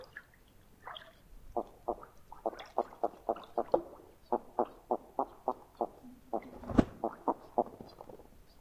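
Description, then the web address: Northern pintail calls: series of short low notes in rapid runs, with a few higher calls and one brief loud thump partway through. "Songs of Birds of North America Know Your Bird Sounds. Northern Pintail"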